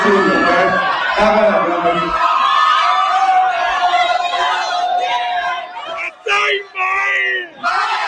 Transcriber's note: cheering